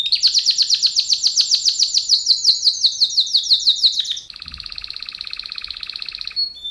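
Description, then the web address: Canary singing a loud rhythmic trill of rapid repeated notes for about four seconds, then shifting into a softer, lower, steady rolling trill. "kenar businka canto kenar"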